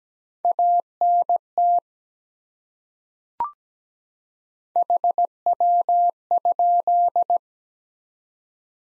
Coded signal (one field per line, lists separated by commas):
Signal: Morse code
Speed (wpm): 17 wpm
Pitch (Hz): 700 Hz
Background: none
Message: ANT HW?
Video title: Top 20 QSO Elements 17wpm